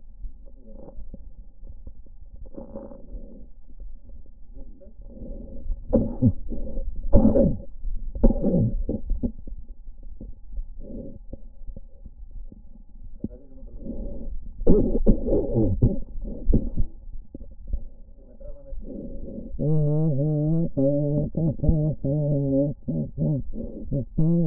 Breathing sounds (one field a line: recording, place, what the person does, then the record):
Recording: lung sounds by stethoscope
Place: left anterior apical chest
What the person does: quiet breathing, then cough and speech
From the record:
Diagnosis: COPD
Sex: female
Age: 80 years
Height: 160 cm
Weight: 62 kg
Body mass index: 24.2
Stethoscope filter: diaphragm mode